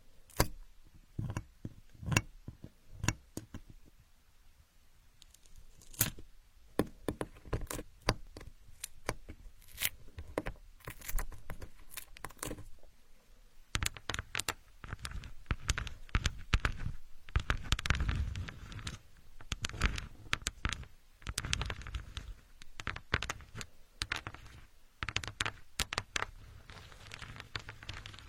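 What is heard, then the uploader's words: Building blocks are handled, with frequent sharp clacks and taps as pieces knock together and are set down. The clatter comes in irregular bursts, busiest around the middle and final third, over a low rumbling background. Asmr, playing with building blocks.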